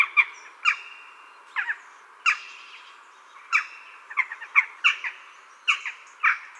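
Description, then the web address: Western jackdaw calls: spaced, short, harsh 'chak' notes, sometimes in quick pairs or triplets, every second or so. "Schulze Peter Eurasian Jackdaw"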